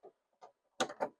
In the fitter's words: and if you just push on it snaps right in